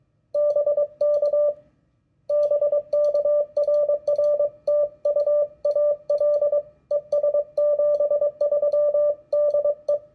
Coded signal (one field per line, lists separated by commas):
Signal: Morse code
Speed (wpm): 22 wpm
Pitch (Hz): 580 Hz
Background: none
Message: BK BK RR TU AL ES 73 DE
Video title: POTA/SOTA CW QSO Lingo: What does all of that nonsense even mean?